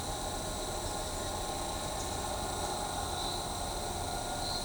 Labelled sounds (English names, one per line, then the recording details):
none
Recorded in shrubland near Pivijay, Magdalena, Colombia, on 18 April 2023 at 11:00
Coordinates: 10.453, -74.365
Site P5-G022